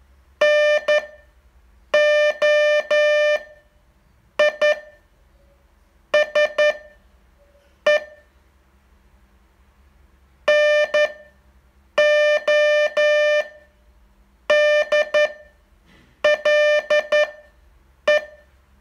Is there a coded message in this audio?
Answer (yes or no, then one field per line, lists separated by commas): yes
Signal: Morse code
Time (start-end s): 0.4-18.2 s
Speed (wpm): 12 wpm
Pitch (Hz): 600 Hz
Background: none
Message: NOISE NODLE